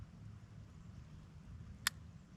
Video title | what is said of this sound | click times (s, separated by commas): Trapping Basics: Dirt Hole Sets | you hear that click | 1.9 s